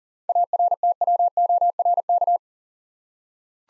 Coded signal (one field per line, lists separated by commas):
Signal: Morse code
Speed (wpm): 42 wpm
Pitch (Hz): 700 Hz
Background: none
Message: ARTWORK